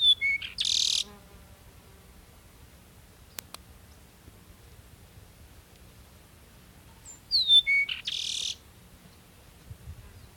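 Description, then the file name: Peruvian meadowlark song repeated twice roughly seven seconds apart, whistled downslurred notes leading into a strong raspy buzz, with quiet pauses and a single click between. "Sturnella bellicosa - Peruvian Meadowlark"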